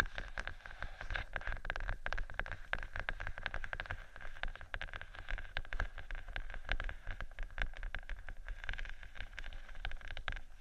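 Gentle scratching and tapping on faux leather, a dense run of quick, crisp clicks and scrapes that never pauses for the full length. The sound is bright and busy with a soft low rumble underneath, staying fairly even in loudness throughout.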